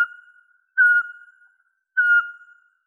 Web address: Glaucidium passerinum